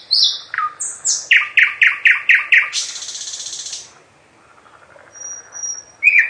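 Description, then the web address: Nightingale singing: high opening notes, six quick repeated descending chirps, a long buzzy rattle, a brief hush, then a new phrase. "Physics is fun. slowik"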